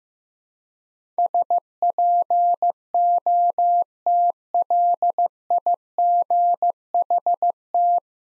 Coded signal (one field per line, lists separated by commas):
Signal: Morse code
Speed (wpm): 15 wpm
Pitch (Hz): 700 Hz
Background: none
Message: SPOTLIGHT